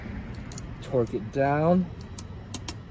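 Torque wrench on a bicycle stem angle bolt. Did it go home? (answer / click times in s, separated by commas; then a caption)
yes / 2.5 s. A torque wrench set to 15 Nm tightens the stem angle bolt on a Gazelle Ultimate C8 e-bike while someone talks, with a few light ticks around it. The wrench gives a sharp click at 2.5 s as it reaches the 15 Nm setting, confirming the bolt is torqued.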